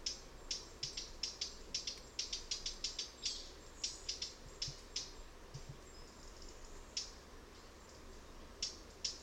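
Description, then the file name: Eurasian blackcap repeating sharp clicking tack calls rapidly and almost continuously, often several per second, with brief pauses, against a faint background rumble. "Sylvia atricapilla"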